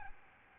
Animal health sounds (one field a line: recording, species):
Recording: mosquito wingbeat signal from an infrared sensor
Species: Aedes albopictus